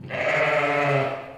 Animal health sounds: contact call of a hoofed animal; sheep; low-frequency (closed-mouth) or high-frequency (open-mouth) call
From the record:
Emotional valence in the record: negative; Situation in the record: short social isolation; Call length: 1.38 s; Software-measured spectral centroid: 1740 Hz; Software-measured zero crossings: 2200 a second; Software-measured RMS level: -23 dBFS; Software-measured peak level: -10 dBFS

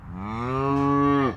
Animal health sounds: contact call of a hoofed animal; cattle; low-frequency (closed-mouth) or high-frequency (open-mouth) call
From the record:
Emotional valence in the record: negative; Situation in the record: full separation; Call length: 1.37 s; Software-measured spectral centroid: 1180 Hz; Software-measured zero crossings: 1150 a second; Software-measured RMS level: -23 dBFS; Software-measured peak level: -10 dBFS

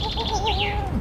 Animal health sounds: contact call of a hoofed animal; goat; low-frequency (closed-mouth) or high-frequency (open-mouth) call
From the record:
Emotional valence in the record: negative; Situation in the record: short social isolation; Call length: 1.01 s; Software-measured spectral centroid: 2480 Hz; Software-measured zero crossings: 2580 a second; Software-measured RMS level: -24 dBFS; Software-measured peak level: -10 dBFS

